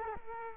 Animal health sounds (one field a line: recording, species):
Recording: mosquito wingbeat signal from an infrared sensor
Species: Culex quinquefasciatus